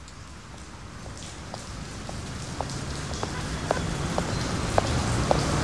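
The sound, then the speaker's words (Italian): Steady rain patters down in a continuous hiss, with scattered sharper drops tapping irregularly on a hard surface. The rain grows slightly louder over the few seconds, with no voices present. “E con la pioggia.”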